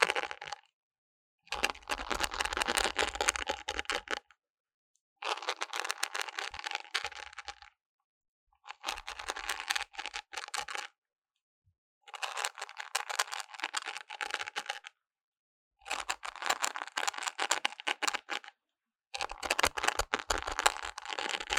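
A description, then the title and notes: Intense brain scratching comes in bursts of dense, rapid, crackly scraping, each lasting about two to three seconds. Short silences separate the bursts, roughly six of them across the clip. A steady mid-pitched tone runs through each burst, and the texture stays bright and gritty. Intense Brain Scratching. No Talking.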